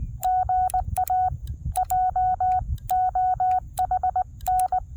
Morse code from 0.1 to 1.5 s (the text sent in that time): GA